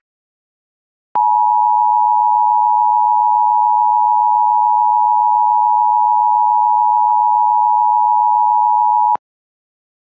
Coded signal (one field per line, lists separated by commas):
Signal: Emergency Alert System (SAME) tones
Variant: 853 and 960 Hz attention tone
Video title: EAS Recreation (3/25/25): Washington State Amber Alert